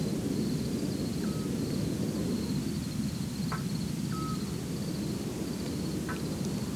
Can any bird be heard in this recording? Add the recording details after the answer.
yes. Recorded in France